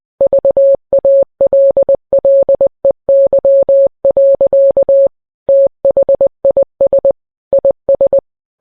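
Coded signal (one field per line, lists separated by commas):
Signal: Morse code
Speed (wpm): 20 wpm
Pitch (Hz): 550 Hz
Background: none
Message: VALLEY. THIS IS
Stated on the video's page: Fictional, not-real EAS tornado warning sent in Morse code.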